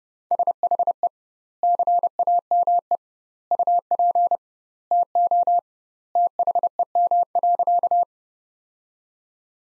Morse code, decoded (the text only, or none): SHE CAME UP TO THEM.